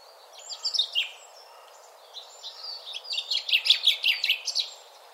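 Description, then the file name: Common chaffinch song: a few brief notes, then a fast run of repeated notes lasting about two and a half seconds that grows louder. "Fringilla coelebs"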